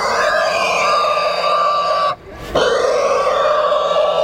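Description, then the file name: Pig letting out a long piercing squeal, a single short gasp in the middle before the screaming resumes. "cochon"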